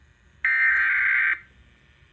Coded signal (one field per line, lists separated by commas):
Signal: Emergency Alert System (SAME) tones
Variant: header bursts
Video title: Severe Weather Season begins! EAS alerts from 3/14/2025